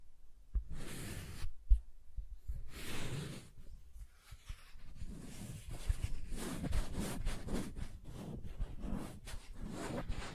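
Soft tracing across smooth and rough surfaces, heard as gentle brushing strokes with a low, papery hiss. After a quiet first half second, the strokes come in uneven bursts, growing denser and more regular from about six seconds on, with occasional small taps.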